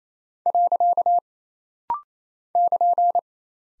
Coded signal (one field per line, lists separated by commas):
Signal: Morse code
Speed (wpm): 28 wpm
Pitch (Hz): 700 Hz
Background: none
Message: . <KN>